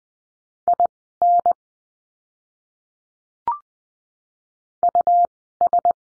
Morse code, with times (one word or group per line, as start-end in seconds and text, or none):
0.7-1.5 IN
4.8-5.9 US